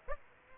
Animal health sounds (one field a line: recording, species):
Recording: mosquito wingbeat signal from an infrared sensor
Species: Aedes aegypti